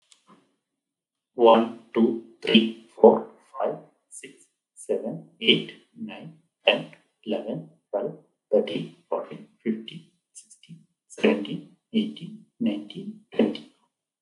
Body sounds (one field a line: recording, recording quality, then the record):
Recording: counting at a normal pace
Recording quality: excellent, no background noise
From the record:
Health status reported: healthy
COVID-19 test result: negative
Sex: male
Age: 47 years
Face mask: not worn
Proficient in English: yes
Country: India